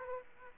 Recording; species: mosquito wingbeat signal from an infrared sensor; Aedes aegypti